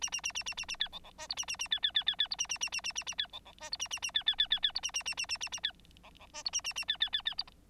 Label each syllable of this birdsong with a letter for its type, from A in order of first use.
A A A A A A A B C C D E A A A B B B B B E A A A A A A A B C C D E A A A B B B B B E A A A A A A A B C C D E A A A B B B B E